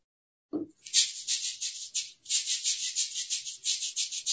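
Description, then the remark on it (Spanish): A grandmother scrubbing laundry by hand at a river: a soft thump, then brisk, hissy rubbing strokes in a steady rhythm, briefly pausing before resuming just as vigorously. No one speaks. “Y la abuela salió a lavar ropa el río.”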